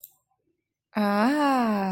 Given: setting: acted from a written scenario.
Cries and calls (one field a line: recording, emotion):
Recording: vocal sound without words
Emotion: realization